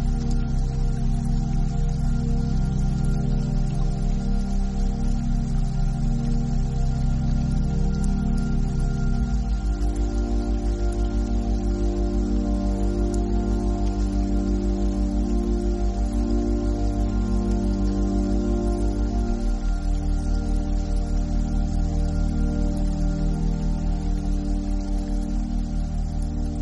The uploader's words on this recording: Focus Meditation with Beta Binaural Frequency.